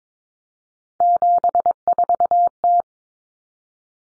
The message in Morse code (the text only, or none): 74T